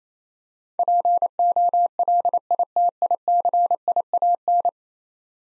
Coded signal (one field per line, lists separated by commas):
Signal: Morse code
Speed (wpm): 28 wpm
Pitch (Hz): 700 Hz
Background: none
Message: POLITICIAN